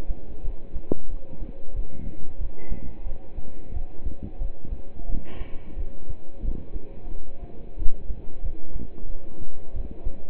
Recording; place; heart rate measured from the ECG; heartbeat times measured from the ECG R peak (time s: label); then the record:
heart sounds by stethoscope; between the tricuspid and mitral areas; 90 bpm
0.45 s: heartbeat
1.10 s: heartbeat
1.75 s: heartbeat
2.40 s: heartbeat
3.06 s: heartbeat
3.75 s: heartbeat
4.41 s: heartbeat
5.09 s: heartbeat
5.78 s: heartbeat
6.45 s: heartbeat
7.12 s: heartbeat
7.79 s: heartbeat
8.44 s: heartbeat
9.10 s: heartbeat
9.75 s: heartbeat
From the record:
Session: pedaling a stationary bicycle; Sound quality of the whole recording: partially saturated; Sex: male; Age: 27 years